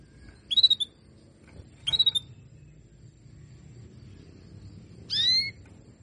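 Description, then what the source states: Canary calls: two quick bursts of rapid chirps, then a longer rising harmonic note after a pause, over faint low hum. Female canary calls played to stimulate lazy males into singing, aimed at Belgian canaries.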